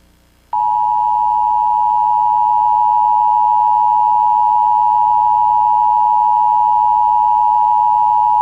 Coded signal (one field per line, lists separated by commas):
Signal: Emergency Alert System (SAME) tones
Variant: 853 and 960 Hz attention tone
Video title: (reupload) EAS of the Week - 4/13/2019